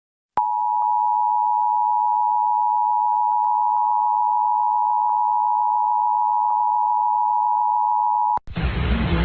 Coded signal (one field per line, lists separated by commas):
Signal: Emergency Alert System (SAME) tones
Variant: 853 and 960 Hz attention tone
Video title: South Carolina's Required Monthly Test for April on WYFF-TV! (EAS #685)